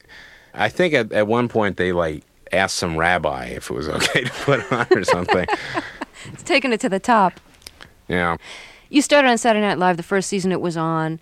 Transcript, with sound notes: I mean, I think at one point, they, like, asked some rabbi if it was OK to put it on or something.
(Laughter) Taking it to the top.
Yeah.
You started on "Saturday Night Live," the first season it was on.